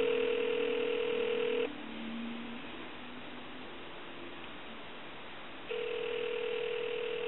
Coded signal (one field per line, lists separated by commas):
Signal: telephone call progress tone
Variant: North America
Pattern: ringback tone